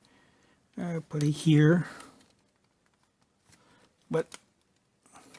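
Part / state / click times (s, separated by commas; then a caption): plastic accessory onto an action figure mount / not seated / none. Someone talks while trying to fit a plastic accessory, a gun or a can, onto the mount of a TFC Toys Old Soldiers OS-02 Detective (Autobot Hound) action figure, with a few soft handling taps and rustles around 4.1 to 4.3 s and 5.1 to 5.4 s. Nothing has clicked or locked into place.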